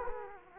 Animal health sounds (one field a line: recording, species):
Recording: mosquito wingbeat signal from an infrared sensor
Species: Culex quinquefasciatus